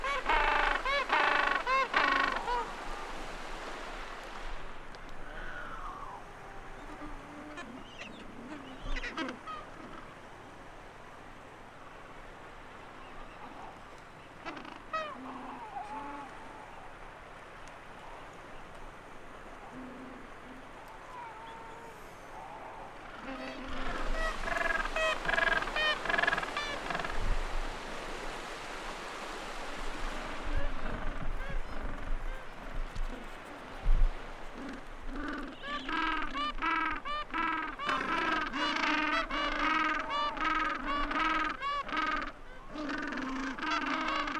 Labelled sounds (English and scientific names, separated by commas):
Gentoo Penguin (Pygoscelis papua) call